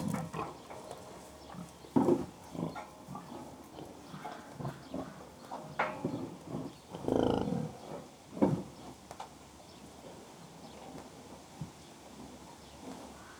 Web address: BBC Sound Effects Library BBC Livestock Three Pigs Grunting Occasionally